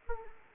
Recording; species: mosquito wingbeat signal from an infrared sensor; Anopheles arabiensis